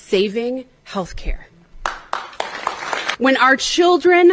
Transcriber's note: clapping